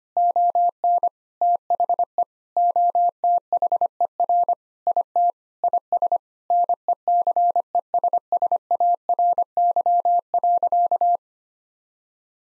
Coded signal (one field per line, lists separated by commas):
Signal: Morse code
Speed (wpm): 25 wpm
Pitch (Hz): 700 Hz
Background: none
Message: ON THE OTHER IT IS NECESSARY.